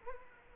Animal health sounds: mosquito wingbeat signal from an infrared sensor; Anopheles arabiensis

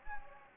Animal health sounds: mosquito wingbeat signal from an infrared sensor; Anopheles gambiae

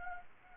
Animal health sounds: mosquito wingbeat signal from an infrared sensor; Anopheles arabiensis

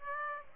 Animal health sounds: mosquito wingbeat signal from an infrared sensor; Aedes aegypti

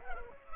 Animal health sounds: mosquito wingbeat signal from an infrared sensor; Culex pipiens

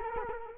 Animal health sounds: mosquito wingbeat signal from an infrared sensor; Culex quinquefasciatus

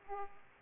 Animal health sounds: mosquito wingbeat signal from an infrared sensor; Aedes aegypti

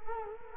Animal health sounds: mosquito wingbeat signal from an infrared sensor; Culex quinquefasciatus

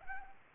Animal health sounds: mosquito wingbeat signal from an infrared sensor; Anopheles gambiae

